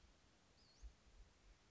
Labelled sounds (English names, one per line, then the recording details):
Western Flycatcher
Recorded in Sonoma County, California